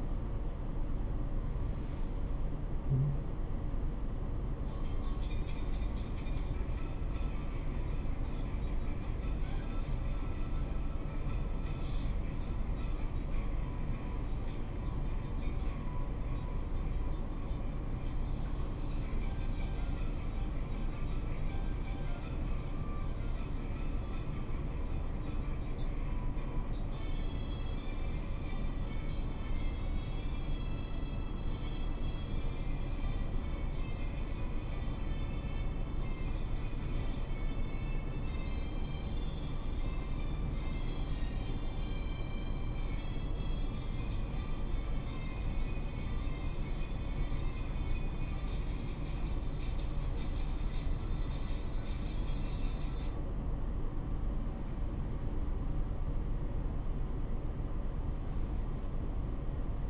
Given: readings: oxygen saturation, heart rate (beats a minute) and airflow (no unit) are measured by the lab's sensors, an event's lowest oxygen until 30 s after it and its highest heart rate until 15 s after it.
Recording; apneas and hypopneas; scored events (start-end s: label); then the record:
a person awake in a sleep study, by a smartphone at the bedside; none
0.00-59.90 s: awake
From the record:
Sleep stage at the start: awake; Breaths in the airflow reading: 17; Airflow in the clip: -0.8 to 0.7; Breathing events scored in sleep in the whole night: 403 in 5.5 hours asleep